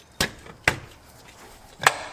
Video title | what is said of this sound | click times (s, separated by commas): Project Lexus Front Suspension Ep. 3 - Installation of the front suspension | there you go nice confirmation pop there just check under here | 0.7 s